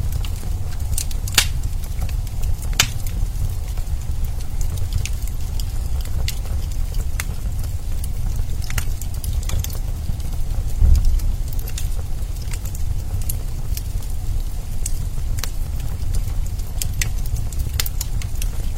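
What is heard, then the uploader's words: A campfire burns with a steady low rumble and roar, and sharp crackles and pops break through at irregular moments, every second or two. The sound is even throughout, with a slightly stronger surge of low rumble around eleven seconds. A campfire from cold nights.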